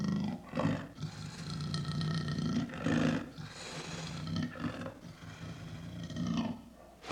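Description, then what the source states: Leopard growling in deep, rasping bursts, several rumbling snarls with brief pauses between them. Leopard roars and growls.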